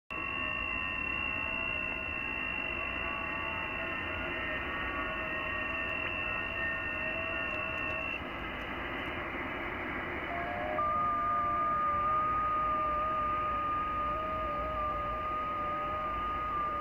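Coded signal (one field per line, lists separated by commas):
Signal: FT8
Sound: steady hiss with a faint tone that shifts pitch, later a slightly warbling tone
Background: radio static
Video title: YI3HWR, IRAQ Middle East, 14MHz, FT8, Worked by HL2WA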